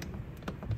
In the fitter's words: panel slides down on the two tabs in the bottom and then snaps in the two snaps on the top,